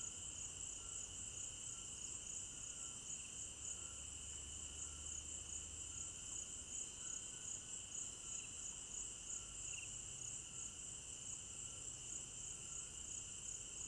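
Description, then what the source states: Crickets chorus steadily, shrill high trilling above a lower even tone, with a soft low hum coming and going in the background. Crickets at night in an African village garden; stereo binaural recording.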